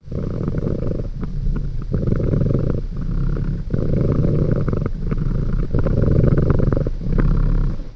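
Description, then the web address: Predator giving a deep, rumbling sound in rhythmic pulses of about a second each, continuing almost without break throughout. "animals predators"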